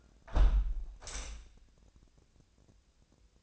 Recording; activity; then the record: daily activity, microphone in the room; close window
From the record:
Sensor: 2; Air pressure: 1012.1 hPa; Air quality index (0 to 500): 107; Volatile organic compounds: 1 ppm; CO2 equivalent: 804 ppm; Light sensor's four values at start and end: 112/267/110/110 and 111/267/110/109